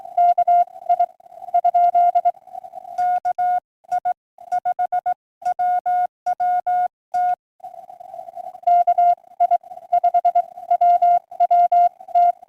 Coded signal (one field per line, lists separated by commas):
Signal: Morse code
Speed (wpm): 21 wpm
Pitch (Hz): 720 Hz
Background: music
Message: KI ? KI5WWT KI5WWT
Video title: Sunday Morning Pota Hunt 4-12-2026